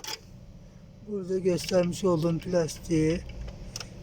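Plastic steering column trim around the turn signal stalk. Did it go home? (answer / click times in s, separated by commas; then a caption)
yes / 3.8 s. A plastic steering column trim piece is pressed into place around a newly replaced turn signal and headlight stalk on a Renault 9 Broadway while someone talks. A sharp snap at 3.8 s marks the trim seating fully.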